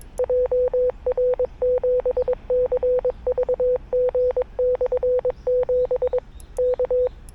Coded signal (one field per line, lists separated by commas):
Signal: Morse code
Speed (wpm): 21 wpm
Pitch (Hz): 500 Hz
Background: none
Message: JR7CVG/7 K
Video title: 久しぶりの移動運用 なんとかPOTA成功 / A Rough POTA Activation｜FTX-1F 5W + RHM12｜POTA at Sanriku Fukko National Park